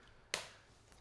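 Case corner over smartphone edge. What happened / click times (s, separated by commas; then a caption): The case corner snapped over the phone's edge / 0.3 s. The second corner of a Benks Armor Pro case is pressed over the edge of an iPhone 16 Pro Max. At 0.3 s a sharp click sounds as the corner seats, fading out over the next quarter second, and a faint soft tick follows near 0.9 s. The corner is confirmed seated on the phone.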